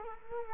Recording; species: mosquito wingbeat signal from an infrared sensor; Culex quinquefasciatus